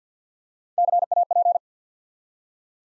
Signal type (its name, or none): Morse code